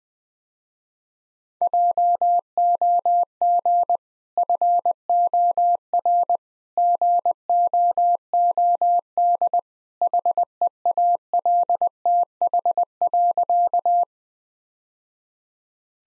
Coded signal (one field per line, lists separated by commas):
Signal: Morse code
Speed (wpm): 21 wpm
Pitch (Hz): 700 Hz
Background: none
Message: JOG FOR GOOD HEALTH.